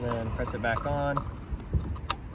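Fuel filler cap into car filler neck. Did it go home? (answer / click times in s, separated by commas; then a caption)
yes / 2.1 s. Someone talks, then the fuel filler cap of a 2025 Subaru Crosstrek is put back into the car's filler neck and pressed or turned home. A sharp click at 2.1 s shows the cap has seated.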